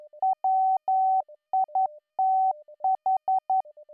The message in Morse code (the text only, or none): WITH